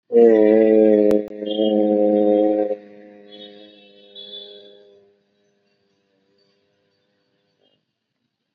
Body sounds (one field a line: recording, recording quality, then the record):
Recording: sustained vowel as in made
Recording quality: moderate, slight background noise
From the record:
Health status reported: COVID-19 positive, mild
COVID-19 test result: positive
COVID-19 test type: RT-PCR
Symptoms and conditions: cough, diabetes, another condition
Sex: male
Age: 55 years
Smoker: yes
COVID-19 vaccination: both doses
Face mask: worn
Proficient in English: yes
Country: India